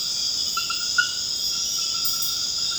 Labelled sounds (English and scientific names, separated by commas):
none